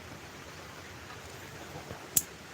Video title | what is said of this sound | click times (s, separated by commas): PAANO PALITAN ANG FUEL INJECTOR CONNECTORS OR PLUGS SA COROLLA 9TH GENERATION 01-07 #corolla9thgen | push it in and you should hear a click | 2.2 s